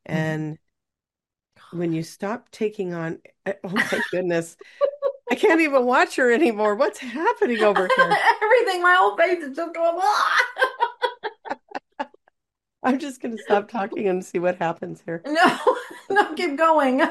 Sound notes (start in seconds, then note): 3.8 laughs; 10.0 laughs